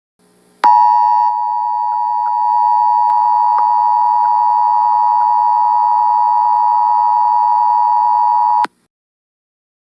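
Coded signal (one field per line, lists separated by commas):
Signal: Emergency Alert System (SAME) tones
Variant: 853 and 960 Hz attention tone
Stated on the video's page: Real national periodic EAS test received on TV during a CBS talk show.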